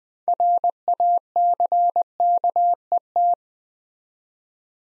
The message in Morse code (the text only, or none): RACKET